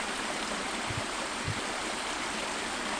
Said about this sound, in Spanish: Es un arroyo fantasma porque aparece así cuando hay nieve, cuando hay lluvia y en la estación seca desaparece.